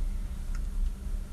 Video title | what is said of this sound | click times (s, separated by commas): CARA GANTI LAMPU SEIN / RATING MOBIL -- #600 | klik atau KK Nah berarti dia sudah mengunci ya ini agak | 0.5 s